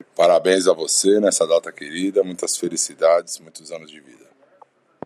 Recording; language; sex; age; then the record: short text; Brazilian Portuguese; male; 30 to 39 years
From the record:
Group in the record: control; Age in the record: 38 years